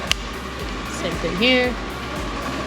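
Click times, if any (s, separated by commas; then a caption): 0.1 s. An air hose connector is pushed into the port on a pneumatic compression leg sleeve being fitted on a client. A single sharp click at 0.1 s shows the connector snapping in and seating, over a steady low background hum. Afterward someone talks.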